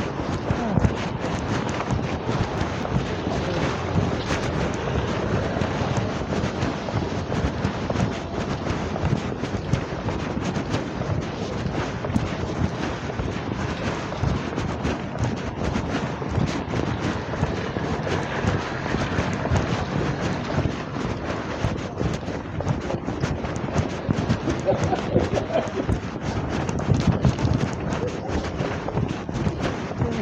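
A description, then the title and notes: Outdoors on a grey, wet morning walk, a dense steady wash of low rumble and scattered knocks runs throughout, with faint voices and passing traffic. Shorty's regular weekly shopping trip starts with a long walk out on a grey and wet Saturday morning.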